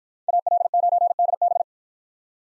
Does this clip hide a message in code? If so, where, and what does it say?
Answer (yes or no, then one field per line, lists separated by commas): yes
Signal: Morse code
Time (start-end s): 0.3-1.6 s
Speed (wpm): 53 wpm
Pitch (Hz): 700 Hz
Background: none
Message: AL9DB